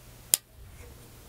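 An assembly pin is pressed into a tan Kel-Tec PF-9 pistol frame and barrel assembly after the barrel is wiggled to find the sweet spot. One sharp, loud snap rings out at 0.3 s, with bright high-frequency energy decaying quickly into a quiet, low hum. The pin is seated.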